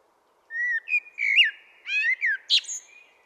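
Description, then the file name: Common blackbird song: leisurely, rich fluted whistles with rising and falling slurs, closed by a brief thin squeaky note. "Turdus merula"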